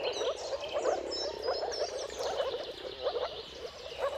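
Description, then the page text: Moor frogs give short bubbling calls in a dense chorus, with birds whistling and chirping above. Mating calls of a moor frog chorus at sunrise, at the turn of March and April depending on the weather; recorded by Jakub Orzecki. "Dawn’s Chorus: Mating Calls of Marsh Frogs at Sunrise. Depending on the weather at the turn of March and April, you can witness an amazing spectacle of moor frogs. Jakub Orzecki"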